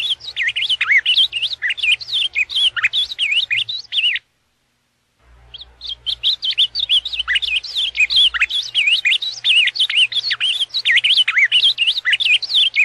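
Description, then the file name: Ultramarine grosbeak song: busy sliding whistled warbling, an one-second silence, then the warbling resumes for several more seconds, with a low hum in the background. "Canto-do-Azulão"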